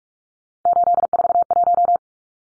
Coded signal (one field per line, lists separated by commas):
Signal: Morse code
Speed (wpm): 44 wpm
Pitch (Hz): 700 Hz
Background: none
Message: 841